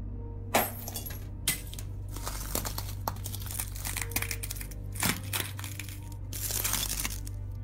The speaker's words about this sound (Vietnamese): Nhận lấy chày đá từ tay của Nhã Tịnh, hít một hơi thật dài ổn định tinh thần, Bạch Tiên Phong dùng chày đập vỡ khối hắc thạch.